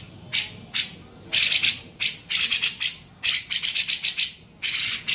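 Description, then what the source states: Grey-cheeked bulbul uttering short bursts of scratchy, high chattering notes, grouped in clusters with brief silences between them. Masteran training recording used to tutor songbirds.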